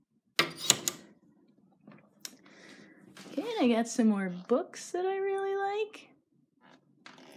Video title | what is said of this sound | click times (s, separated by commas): Studio Tour and Unicorn Painting | really just a cabinet I found in the street but it has it really satisfying click okay | 0.4 s